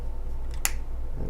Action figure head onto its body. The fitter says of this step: gonna put it back on snap